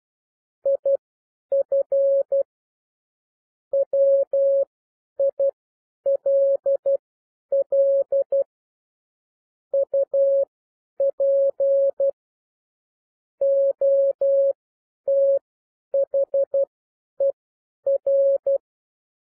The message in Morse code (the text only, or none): IF WILL UP OTHER